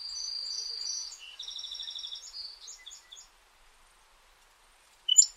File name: songsparrow